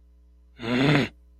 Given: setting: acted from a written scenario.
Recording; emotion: vocal sound without words; anger